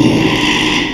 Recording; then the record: squeal of a Yucatan mini pig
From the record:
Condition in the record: after surgery on the right vocal fold (resection and tissue-engineered implant); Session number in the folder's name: 1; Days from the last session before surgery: 6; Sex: male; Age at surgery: 12 weeks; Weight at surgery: 13 kg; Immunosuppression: cyclosporine, prednisolone